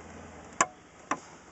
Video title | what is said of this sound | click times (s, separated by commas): Chevy Cav Dash Removal Part 1 | tab goes in there there's one more right there hear the popping sound wait for it | 0.6 s, 1.1 s